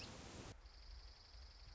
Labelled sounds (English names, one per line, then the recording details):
Dark-eyed Junco
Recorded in Sonoma County, California